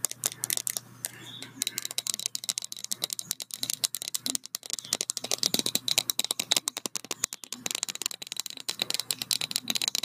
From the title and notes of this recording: Tapping and brushing sounds. The types of brushes I used where new paint brushes that sounded amazing!